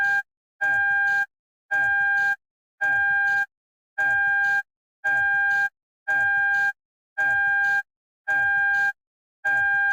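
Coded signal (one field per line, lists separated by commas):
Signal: alarm pattern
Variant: Toyota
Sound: steady repeating electronic beeps, about 9 in 10 seconds, evenly spaced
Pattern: 9 short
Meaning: A seatbelt is not fastened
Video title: Toyota car seatbelt beep sound effect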